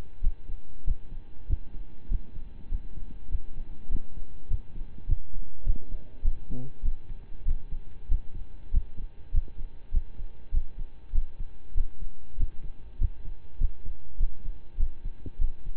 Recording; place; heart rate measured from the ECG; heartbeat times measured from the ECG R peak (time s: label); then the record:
heart sounds by stethoscope; between the tricuspid and mitral areas; 99 bpm
0.20 s: heartbeat
0.84 s: heartbeat
1.46 s: heartbeat
2.08 s: heartbeat
2.69 s: heartbeat
3.29 s: heartbeat
3.89 s: heartbeat
4.48 s: heartbeat
5.06 s: heartbeat
5.64 s: heartbeat
6.22 s: heartbeat
6.82 s: heartbeat
7.44 s: heartbeat
8.08 s: heartbeat
8.70 s: heartbeat
9.31 s: heartbeat
9.91 s: heartbeat
10.51 s: heartbeat
11.12 s: heartbeat
11.74 s: heartbeat
12.36 s: heartbeat
12.98 s: heartbeat
13.58 s: heartbeat
14.17 s: heartbeat
14.77 s: heartbeat
15.38 s: heartbeat
From the record:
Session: slow and fast walking with breaks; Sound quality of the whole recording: saturated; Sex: male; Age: 25 years